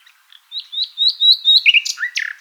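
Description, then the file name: Common nightingale song phrase: a run of five rising whistled notes repeated evenly, ending in harsher chattering notes. "Luscinia megarhynchos"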